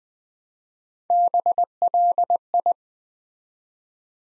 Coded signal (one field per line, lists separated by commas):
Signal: Morse code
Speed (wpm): 20 wpm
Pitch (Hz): 700 Hz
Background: none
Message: BLI